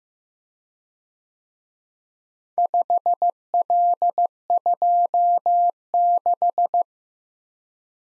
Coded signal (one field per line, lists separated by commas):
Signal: Morse code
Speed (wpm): 18 wpm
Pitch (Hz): 700 Hz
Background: none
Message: 5L26